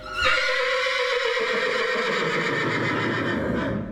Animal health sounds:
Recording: contact call of a hoofed animal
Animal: horse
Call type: whinny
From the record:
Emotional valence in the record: negative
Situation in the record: separation from one group member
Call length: 4.0 s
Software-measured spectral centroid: 2200 Hz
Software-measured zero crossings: 2830 a second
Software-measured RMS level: -24 dBFS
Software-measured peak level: -9 dBFS

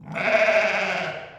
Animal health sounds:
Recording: contact call of a hoofed animal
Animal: sheep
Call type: low-frequency (closed-mouth) or high-frequency (open-mouth) call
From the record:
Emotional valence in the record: positive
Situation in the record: reunion with pen mate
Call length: 1.38 s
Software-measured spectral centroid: 2040 Hz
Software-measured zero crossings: 2580 a second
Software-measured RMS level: -23 dBFS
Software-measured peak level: -8 dBFS

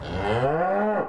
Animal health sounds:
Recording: contact call of a hoofed animal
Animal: cattle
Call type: low-frequency (closed-mouth) or high-frequency (open-mouth) call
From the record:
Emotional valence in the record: negative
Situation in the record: full separation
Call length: 1.09 s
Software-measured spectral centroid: 1160 Hz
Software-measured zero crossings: 1370 a second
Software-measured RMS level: -24 dBFS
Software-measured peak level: -11 dBFS

